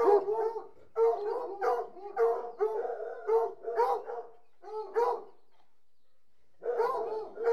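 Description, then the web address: Hunting hounds whining together, with rapid overlapping yelps and wavering cries that run almost continuously, pause briefly, then resume. About 60 hunting hounds whining together. "BBC Sound Effects Library. Hunting Hounds"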